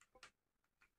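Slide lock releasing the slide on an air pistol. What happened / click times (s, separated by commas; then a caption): Slide lock released, slide snapped forward / 0.0 s, 0.2 s. On a CO2 air pistol, the slide lock is pushed and the locked-back slide is released, snapping forward with sharp clicks at 0.0 s and 0.2 s. Fainter ticks follow at about 0.6 s and 0.8 s.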